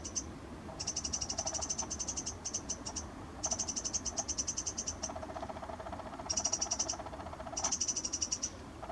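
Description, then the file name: Eurasian wren uttering bursts of quick, high ticking notes in several separate runs, with a lower buzzing sound in parts and a steady low rumble beneath. "Troglodytes troglodytes"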